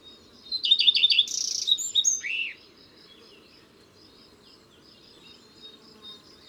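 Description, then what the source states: Common redstart song: a brief high phrase of repeated notes followed by a scratchy, varied ending, then quiet with only a faint low hum. Garden bird.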